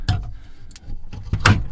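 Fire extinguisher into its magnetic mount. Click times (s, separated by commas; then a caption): 1.5 s. A compact Element fire extinguisher is pushed into its magnetic mount under a Tuffy deck, with handling knocks at about 0.1 s and softer taps around 0.7–1.3 s. The loudest, sharpest hit at 1.5 s is the click as the extinguisher seats firmly in the mount.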